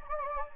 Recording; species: mosquito wingbeat signal from an infrared sensor; Anopheles gambiae